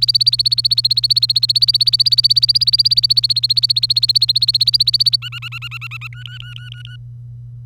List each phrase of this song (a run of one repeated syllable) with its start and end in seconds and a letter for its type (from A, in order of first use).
0.00-5.16 A, 5.22-6.08 B, 6.13-6.96 C